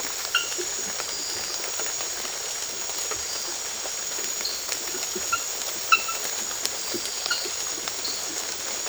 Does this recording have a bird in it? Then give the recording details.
no. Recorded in secondary vegetation near Puerto Asís, Putumayo, Colombia, on 8 March 2025 at 03:00. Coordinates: 0.488, -76.319. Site G095